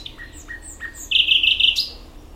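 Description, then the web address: Common nightingale song: short clipped notes followed by a loud, sustained rattling trill that ends in a rising flourish. "ambient nightingale"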